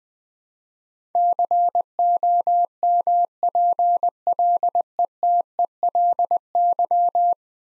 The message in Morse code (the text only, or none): COMPLETELY